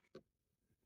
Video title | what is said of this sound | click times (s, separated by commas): A department store sells a fake Apple Watch for $25? | oh nice little click there | 0.1 s